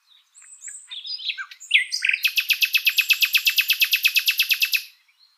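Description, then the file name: Common nightingale song: soft varied notes build into a long, loud, evenly pulsed series of many repeated notes. "Luscinia megarhynchos"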